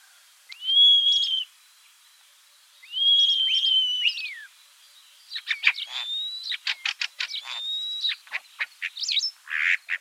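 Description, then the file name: Common starling song opening with two drawn-out slurred whistles, then a rapid series of clicks and rattling notes mixed with short whistles. "Skvorec obyknovennyj Sturnus vulgaris"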